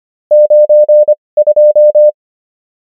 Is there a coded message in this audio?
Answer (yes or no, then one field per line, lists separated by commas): yes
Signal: Morse code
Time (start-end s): 0.3-2.1 s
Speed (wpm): 25 wpm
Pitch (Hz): 600 Hz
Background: none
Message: 92